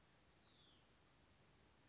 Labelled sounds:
Hutton's Vireo (Vireo huttoni)
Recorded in Sonoma County, California

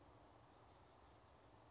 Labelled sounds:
Chestnut-backed Chickadee (Poecile rufescens)
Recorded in Sonoma County, California

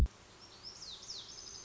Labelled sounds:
Lazuli Bunting (Passerina amoena)
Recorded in Sonoma County, California

